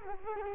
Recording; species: mosquito wingbeat signal from an infrared sensor; Culex quinquefasciatus